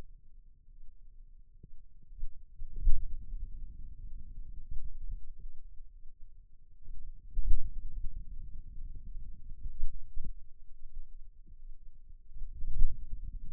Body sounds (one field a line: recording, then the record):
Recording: forearm muscle sounds (acoustic myography)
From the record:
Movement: pen grasping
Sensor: system 2, bracelet of six BSWA MPA416 microphones around the upper forearm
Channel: 2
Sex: male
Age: 22 years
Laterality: right